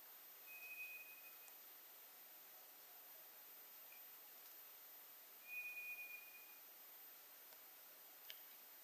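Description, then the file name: White's thrush song: a thin, level, drawn-out whistle, given twice about five seconds apart, against a faint steady hiss. Recorded 2 July 2007. "toratugumi 20070702"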